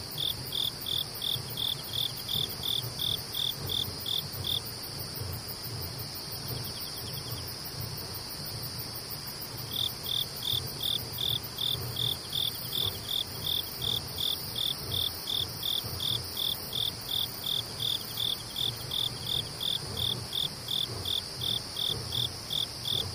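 Insects calling at night: a cricket gives rapid, evenly spaced high chirps, pausing from about five to ten seconds before resuming steadily. Beneath it, other insects keep up a continuous shrill, high-pitched hum, with a faint low rumble in the background.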